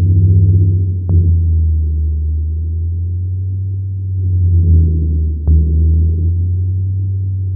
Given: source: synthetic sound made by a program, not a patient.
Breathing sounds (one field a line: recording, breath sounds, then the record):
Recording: synthetic breath sounds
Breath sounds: rhonchi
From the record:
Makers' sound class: wheeze